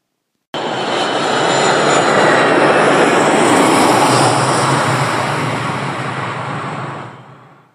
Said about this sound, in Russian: вокруг него запрыгали фонтанчики песка, а через секунду он чуть не оглох от рева пронесшегося над головой вражеского штурмовика.